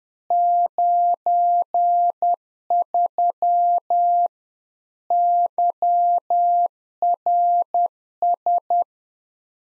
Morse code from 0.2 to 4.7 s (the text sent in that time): 93